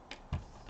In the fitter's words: off on the bottom part of the chassis you heard it click into place beautiful and nice